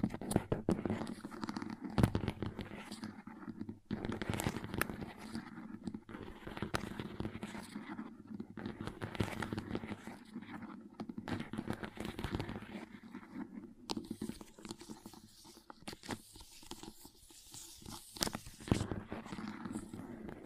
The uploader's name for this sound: Slime Sounds Crayon Sounds + Tapping